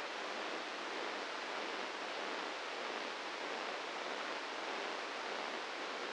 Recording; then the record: brain microelectrode recording played as sound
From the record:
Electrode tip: inside the subthalamic nucleus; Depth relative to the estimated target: 2 mm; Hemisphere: left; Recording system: NeuroSet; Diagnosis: Parkinson's disease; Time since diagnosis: 15 years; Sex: male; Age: 65 years